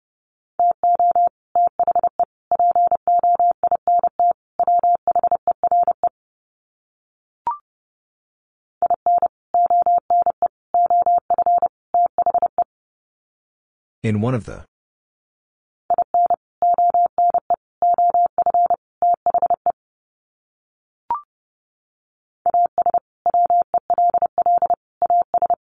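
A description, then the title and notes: Morse code beeps at one steady pitch in rapid groups of dots and dashes, with a short crackly burst near the middle and faint clicks. Sets of 4 Words 30wpm. First, the words are sent in Morse code. Finally, it is sent again in Morse code.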